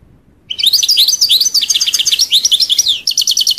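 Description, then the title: European goldfinch song, a fast twitter of high tinkling notes and buzzy trills running for about three seconds. "Chant Chardonneret"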